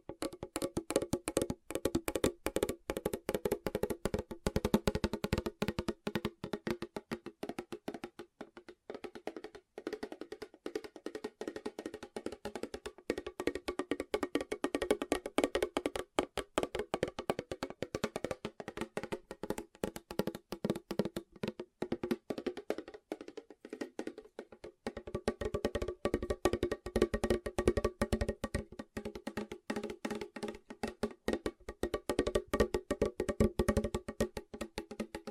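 Fast tapping runs continuously as a dense, regular patter of quick clicks with a mid-toned body, briefly thinning near twenty-four seconds.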